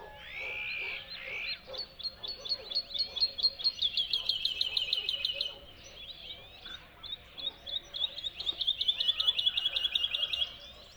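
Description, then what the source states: Bird song opening with a buzzy note, then a long rapid trill; after a brief gap a second fast trill follows. Song delivered from a tree in the Spanish dehesas.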